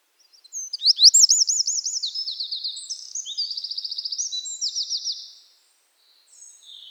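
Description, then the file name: Eurasian wren song: a loud, high, rapid outpouring of sharp notes and fast rattling trills lasting about five seconds, then silence and a faint start of another phrase. "Troglodytes troglodytes"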